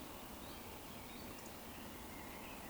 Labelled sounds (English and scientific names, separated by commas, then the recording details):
Eurasian Woodcock (Scolopax rusticola)
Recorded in Baden-Württemberg, Germany, on 16 June 2020 at 20:02 UTC
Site 14569, 102 m above sea level